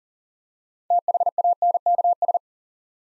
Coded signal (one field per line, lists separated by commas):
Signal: Morse code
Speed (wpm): 41 wpm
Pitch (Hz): 700 Hz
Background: none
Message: THANKS